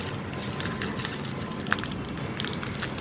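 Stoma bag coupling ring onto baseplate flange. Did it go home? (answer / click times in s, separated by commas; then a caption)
yes / 1.7 s. A plastic coupling ring of a two-piece stoma bag is pressed onto the flange socket of a skin baseplate. Faint crackling and small ticks run under a steady background hiss, with one sharp click at 1.7 s. The ring is seated and the fitting is complete.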